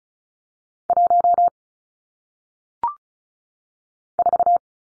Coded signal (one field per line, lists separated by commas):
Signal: Morse code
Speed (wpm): 35 wpm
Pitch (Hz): 700 Hz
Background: none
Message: 1 4